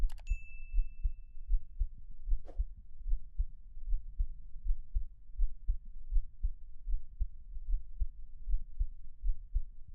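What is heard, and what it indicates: A normal adult heartbeat heard close up, a steady low thumping at about 79 beats per minute, with no talking. A brief bell-like ding sounds at the start.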